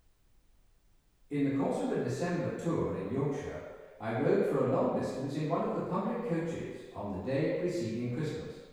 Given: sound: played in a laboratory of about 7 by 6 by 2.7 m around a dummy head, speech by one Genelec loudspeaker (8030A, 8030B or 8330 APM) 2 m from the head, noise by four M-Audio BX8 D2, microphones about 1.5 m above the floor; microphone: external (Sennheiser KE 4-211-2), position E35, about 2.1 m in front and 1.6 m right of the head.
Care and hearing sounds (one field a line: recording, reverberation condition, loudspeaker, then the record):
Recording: male speech in English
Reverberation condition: high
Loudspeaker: 30 degrees to the left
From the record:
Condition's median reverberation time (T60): about 1300 ms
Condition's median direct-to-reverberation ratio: about -4.0 dB